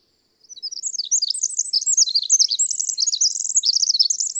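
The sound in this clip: Bird song, a rapid high-pitched warble of thin slurred notes with a fast even trill late in the phrase, over a quiet background.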